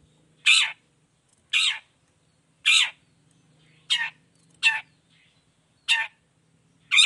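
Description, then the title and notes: Long-tailed shrike giving rough, buzzy notes at uneven gaps of about one second, seven in all, over a low steady hum. Gacor cendet (long-tailed shrike) singing in the morning in the 'toet toet' style with varied notes and a clear voice, offered for other cendet to imitate. "Cendet Gacor Dor Di Kala Pagi Toet Toet Variasi Suara. Cendet Gacor Suara Jernih Full Variasi Sangat Mudah Di Tiru Cendet Jenis Apapun. Burung cendet"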